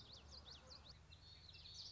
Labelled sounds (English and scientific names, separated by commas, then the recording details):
Common Yellowthroat (Geothlypis trichas)
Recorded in Sonoma County, California